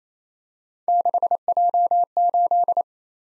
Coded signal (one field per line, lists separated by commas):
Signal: Morse code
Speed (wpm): 27 wpm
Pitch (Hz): 700 Hz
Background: none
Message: 6J8